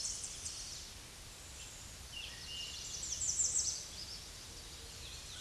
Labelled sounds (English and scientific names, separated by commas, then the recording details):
American Redstart (Setophaga ruticilla) song
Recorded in a Pennsylvania forest on 16 May 2024 at 07:41
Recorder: AudioMoth, point MSD-2074
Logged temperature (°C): 16.3 °C
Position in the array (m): 156 m, 220 m